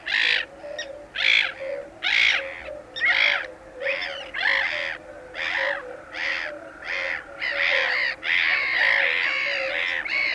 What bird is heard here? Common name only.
Black-headed Gull